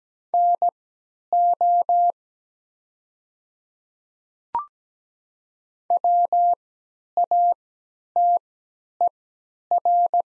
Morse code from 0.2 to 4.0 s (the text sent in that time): NO